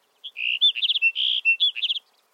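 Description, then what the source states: Sagebrush Sparrow delivering a single tinkling song of buzzy slurs and quick trills, lasting just under two seconds. Plaintive song.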